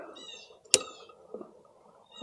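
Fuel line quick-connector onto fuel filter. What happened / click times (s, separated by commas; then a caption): Fuel line quick-connector clicks onto filter / 0.7 s. A quick-connect fuel line coupling is snapped onto a fuel filter, giving one sharp plastic click at 0.7 s that confirms it is seated. Faint tonal background noise runs through the clip, with a few soft knocks afterward.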